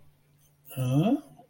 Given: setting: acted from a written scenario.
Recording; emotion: vocal sound without words; confusion